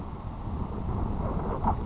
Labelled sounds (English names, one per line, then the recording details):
Grasshopper Sparrow
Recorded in Sonoma County, California